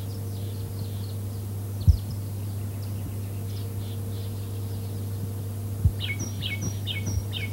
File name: large tree finch